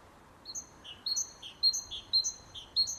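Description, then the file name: Great tit song of ringing paired notes, a high whistle followed by a lower one, repeated about twice a second, loud and clear over quiet background. "Parus major"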